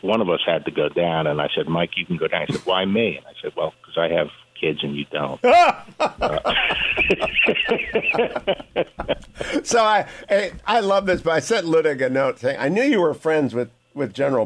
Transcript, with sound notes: One of us had to go down, and I said Mike, you can go down. And he said why me? And I said well, because I have kids, and you don’t.
(laughing) So I love this book. I sent Luttig a note saying I knew you were friends with General Barr.